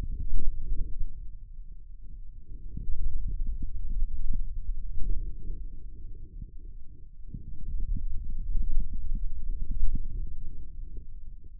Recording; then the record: forearm muscle sounds (acoustic myography)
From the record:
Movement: hand opening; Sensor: system 2, bracelet of six BSWA MPA416 microphones around the upper forearm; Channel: 6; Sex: male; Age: 22 years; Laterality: right